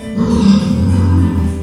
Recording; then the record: squeal of a Yucatan mini pig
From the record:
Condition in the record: after surgery on the right vocal fold (resection and tissue-engineered implant); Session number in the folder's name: 13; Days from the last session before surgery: 113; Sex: female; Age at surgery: 19 weeks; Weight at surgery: 25 kg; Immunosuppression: prednisolone